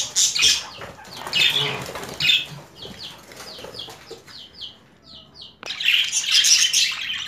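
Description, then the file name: Budgerigar harsh squawks, then a row of short, downward-slurred chirps repeated evenly, ending in another loud scratchy burst. Female budgerigar; mixed sounds. "Karisik Sesler Disi Muhabbet Kusu Sesi"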